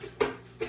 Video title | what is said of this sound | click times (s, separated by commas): Fish, slaw & tater tots 😃👍🏻 it’s delicious y’all 😊 | no, that's it. So it's snapped in place. | 0.2 s